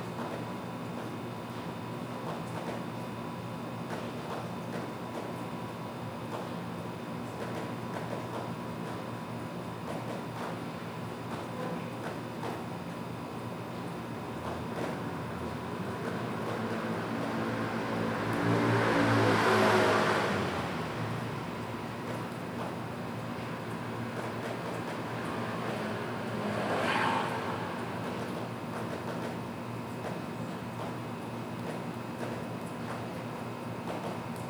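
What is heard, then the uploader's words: A steady low hum of a city settling at night, with one vehicle swelling past around twenty seconds and a fainter one near twenty-seven. When the city slowly falls asleep. PingTung, Taiwan.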